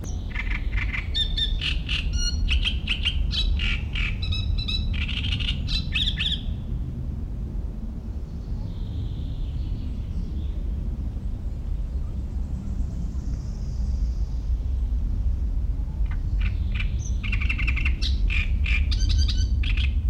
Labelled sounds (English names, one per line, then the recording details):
Great Reed Warbler
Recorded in the wild
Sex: male
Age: adult
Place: Mühlenbeck, Brandenburg, DE
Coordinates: 52.689, 13.356
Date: 1993-05-08 13:10
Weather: sonnig, ca. 23°C
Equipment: Marantz CP 430, Sennheiser ME 80, Kopie Uher Variocord 263
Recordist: Tembrock, Günter